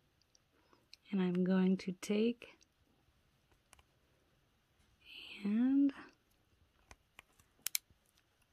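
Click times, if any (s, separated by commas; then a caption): 7.7 s, 7.8 s. A RAM module is pushed down into the memory slot of a Dell Inspiron 15 5502/5509 laptop until the two side retaining arms snap over it, and it seats. Someone talks in the first half, then faint ticks are followed by two sharp, loud clicks close together at 7.7 s and 7.8 s.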